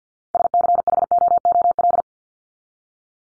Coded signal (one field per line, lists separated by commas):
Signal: Morse code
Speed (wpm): 50 wpm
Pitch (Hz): 700 Hz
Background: none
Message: SCHOOL